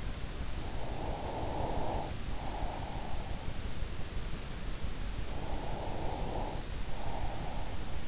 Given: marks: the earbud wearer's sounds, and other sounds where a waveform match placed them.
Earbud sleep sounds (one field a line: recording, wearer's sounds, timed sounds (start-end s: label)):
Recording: sounds in sleep by an in-ear microphone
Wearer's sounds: breath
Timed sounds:
0.50-3.57 s: breath
4.94-8.08 s: breath